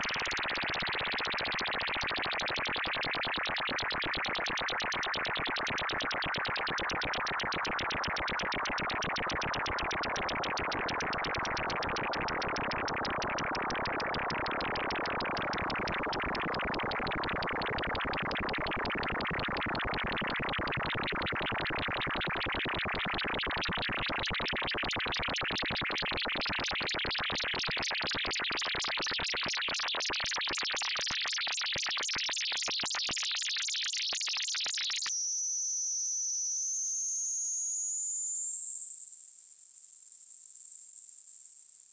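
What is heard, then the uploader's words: A tone whose pitch follows the strength of a spacecraft's received radio signal. For about 35 seconds it is a dense, rapid buzzing rattle that slowly climbs and brightens. Then it cuts abruptly to a clean, high whistle that glides upward and holds steady. This minute-long sound file covers about 4 hours of real time - from when ESA's Huygens probe deployed its main parachute and started transmitting, down to its landing on Titan, Saturn’s largest moon. The sound is a tone whose frequency depends on the strength of Huygens' signal as received by the receiver on board Cassini.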